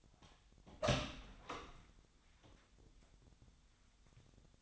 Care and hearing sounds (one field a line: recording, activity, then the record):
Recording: daily activity, microphone in the room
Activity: open door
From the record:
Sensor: 3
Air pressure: 1007.1 hPa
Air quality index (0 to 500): 203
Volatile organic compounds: 18 ppm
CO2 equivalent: 2602 ppm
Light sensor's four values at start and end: 12/28/12/11 and 12/28/12/11